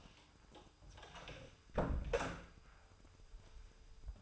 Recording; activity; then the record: daily activity, microphone in the room; close door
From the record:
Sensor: 2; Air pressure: 995.9 hPa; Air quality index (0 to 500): 58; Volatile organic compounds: 2 ppm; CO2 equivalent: 1236 ppm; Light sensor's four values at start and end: 11/27/11/12 and 11/26/11/12